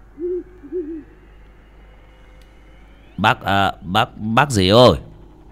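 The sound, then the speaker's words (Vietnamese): An owl gives two soft, low hoots, then after a pause breaks into a louder run of wavering, mournful wailing cries that rise and fall in pitch. “Tiếng cú mèo trên tầng không lại gào lên ai oán.”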